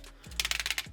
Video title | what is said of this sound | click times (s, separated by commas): Should You Go Age Of The Primes Or Combiner Wars? - #transformers Combiner Wars Superion | They're going to soft click into place. | 0.4 s